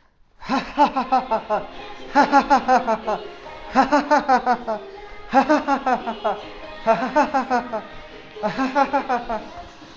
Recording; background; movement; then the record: laughter; music; walking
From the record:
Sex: male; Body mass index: 20.6 kg/m2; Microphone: on the chest, facing outward